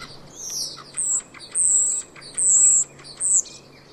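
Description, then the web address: Common starling calls: a run of five high, thin, drawn-out whistles, some slightly falling, spaced unevenly with soft clicks between them, over a low steady hum. "Deverinetal 2025 Bird Only St Vu"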